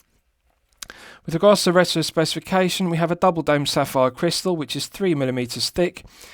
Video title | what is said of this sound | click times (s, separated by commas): Evant Tropic Diver 39 Royal 4K Watch Review | So I really like the clasp. It's got a nice vintage look to it, and it's got a nice positive click when it snaps shut. | 0.8 s